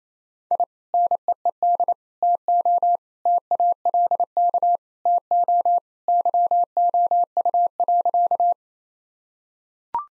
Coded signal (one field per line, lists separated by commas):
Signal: Morse code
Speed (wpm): 28 wpm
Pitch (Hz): 700 Hz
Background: none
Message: I NEED TO TALK TO YOU.